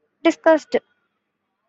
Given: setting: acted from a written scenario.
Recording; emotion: vocal sound without words; disgust